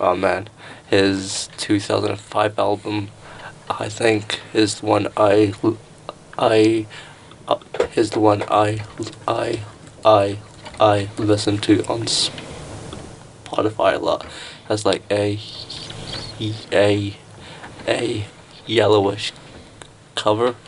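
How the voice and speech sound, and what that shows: An adult male comedian speaking with a stutter: he repeats words and phrases, saying "I" several times in a row and restarting "is the one I". His speech is broken by fillers such as "uh" and by frequent pauses, including one long silent block before he goes on.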